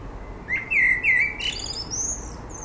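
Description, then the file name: Common blackbird singing a short mellow warbled phrase of a few fluty notes, followed by a rapid high-pitched scratchy twitter that trails off. "Turdus merula"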